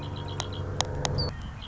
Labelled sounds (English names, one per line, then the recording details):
Red-winged Blackbird
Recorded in Sonoma County, California